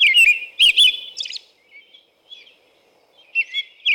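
American robin song: loud whistled caroling syllables at the start, quieter notes, a lull, then renewed phrases near the end.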